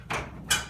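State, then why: Seated. A reinstalled dryer drum is worked back so its rear edge rides over the two support guide wheels. A brief shuffling rustle at about 0.1 s is followed by a single sharp thud at 0.5 s as the drum locks into place on the smoothly rolling wheels, seating it.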